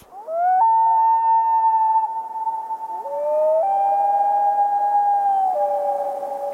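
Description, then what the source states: Common loon wailing, long pure mournful notes that hold steady, then step up and drop in pitch, sustained for several seconds like a howl. Wail call of the common loon, likened to the howl of a wolf.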